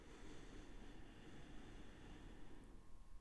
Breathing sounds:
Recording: one breath near a microphone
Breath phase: inhalation

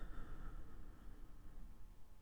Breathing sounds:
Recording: one breath near a microphone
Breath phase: exhalation

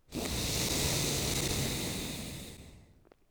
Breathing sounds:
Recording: one breath near a microphone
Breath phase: exhalation

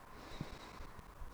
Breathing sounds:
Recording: one breath near a microphone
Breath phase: inhalation

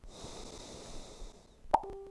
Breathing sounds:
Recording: one breath near a microphone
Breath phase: exhalation

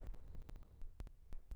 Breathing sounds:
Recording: one breath near a microphone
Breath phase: inhalation

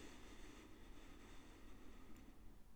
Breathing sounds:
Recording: one breath near a microphone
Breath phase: inhalation

